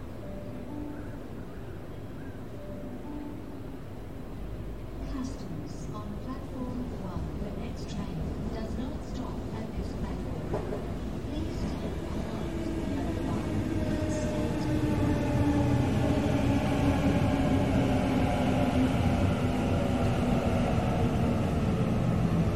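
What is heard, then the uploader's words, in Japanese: A Sydney train heard while waiting on a station platform, a steady low rumble that grows gradually louder over the second half. Faint voices come and go near the start, and a bright thin whine rises through the final stretch as the train draws in. シドニー市内へ向かう電車の音。今回も最新版をPCM録音ステレオでお送りします。駅のホームで電車を待つ。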